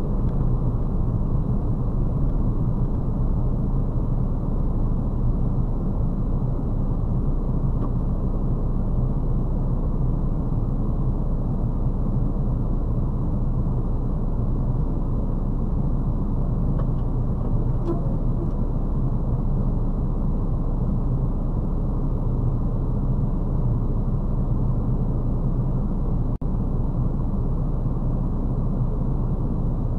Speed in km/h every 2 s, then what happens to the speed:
24, 17, 14, 4, 4, 3, 3, 2, 2, 0, 0, 0, 0, 0, 0.
0-6 slows to 4. 6-14 steady at about 3. 14-30 standing.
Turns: none.